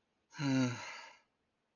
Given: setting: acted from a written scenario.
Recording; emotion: vocal sound without words; contempt